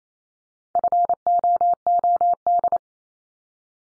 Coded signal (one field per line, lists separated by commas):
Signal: Morse code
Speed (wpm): 28 wpm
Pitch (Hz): 700 Hz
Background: none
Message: FOOD